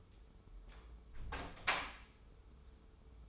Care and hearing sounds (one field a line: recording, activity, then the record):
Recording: daily activity, microphone in the room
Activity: close door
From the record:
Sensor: 1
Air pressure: 1015.2 hPa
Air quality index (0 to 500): 154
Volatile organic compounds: 9 ppm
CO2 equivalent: 2130 ppm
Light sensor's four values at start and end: 14/33/14/15 and 14/33/14/15